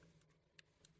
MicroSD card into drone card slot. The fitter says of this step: Here you go, it has clicked in place.